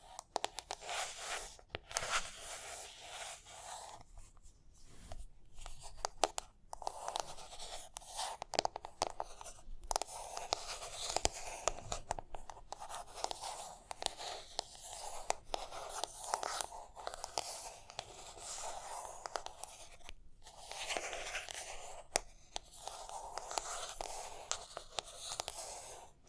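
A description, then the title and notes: Scratching and tapping go on almost without pause, a dense, crackly rustle full of quick sharp ticks. Brief gaps break the stream at irregular moments, around 5 and 20 seconds among others. The sound is mostly bright and papery, with little low weight, and a few louder crunchy taps stand out. Tapping and Scratching (No Talking).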